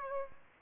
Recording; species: mosquito wingbeat signal from an infrared sensor; Aedes aegypti